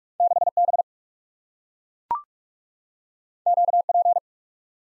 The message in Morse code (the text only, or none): 6B QP